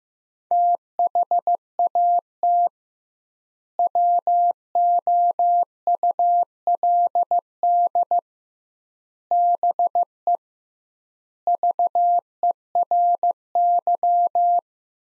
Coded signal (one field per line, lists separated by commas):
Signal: Morse code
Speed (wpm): 16 wpm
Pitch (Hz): 700 Hz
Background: none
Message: THAT WOULD BE VERY